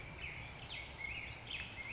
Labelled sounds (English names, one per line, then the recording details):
Black-headed Grosbeak
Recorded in Sonoma County, California